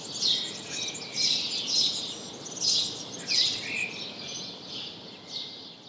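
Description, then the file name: House sparrow chirps, short bright notes at uneven intervals, with a steady faint background hiss. "Passer domesticus"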